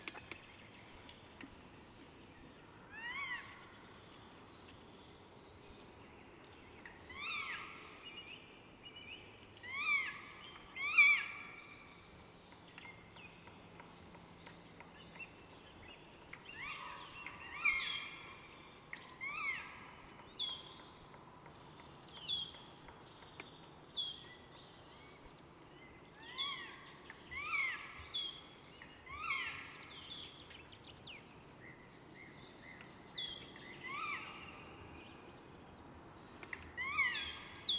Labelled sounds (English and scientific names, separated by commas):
Black Woodpecker (Dryocopus martius) song